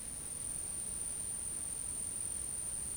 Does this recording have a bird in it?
no